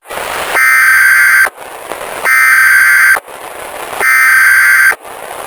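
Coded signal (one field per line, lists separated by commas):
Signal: Emergency Alert System (SAME) tones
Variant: header bursts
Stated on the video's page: Fictional EAS scenario parodying anti-piracy screens.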